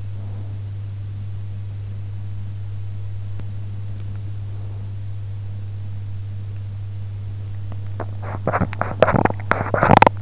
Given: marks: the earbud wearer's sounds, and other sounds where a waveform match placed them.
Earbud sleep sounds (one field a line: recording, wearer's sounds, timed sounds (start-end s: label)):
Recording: sounds in sleep by an in-ear microphone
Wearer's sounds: breath, teeth grinding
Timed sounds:
0.00-0.67 s: breath
7.62-10.22 s: teeth grinding